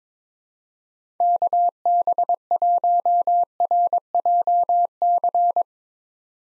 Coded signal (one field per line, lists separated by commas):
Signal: Morse code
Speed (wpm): 22 wpm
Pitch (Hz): 700 Hz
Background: none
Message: KB1RJC